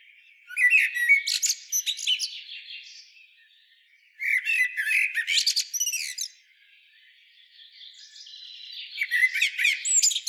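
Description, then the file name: Common blackbird song, three well-spaced phrases of mixed mellow whistles and shrill chattering twitter. "Turdus merula"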